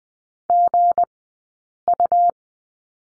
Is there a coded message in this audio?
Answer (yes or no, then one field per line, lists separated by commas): yes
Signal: Morse code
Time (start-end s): 0.5-2.3 s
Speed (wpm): 20 wpm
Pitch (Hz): 700 Hz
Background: none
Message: GU